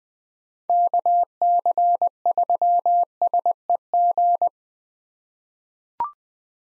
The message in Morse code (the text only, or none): KC3SEG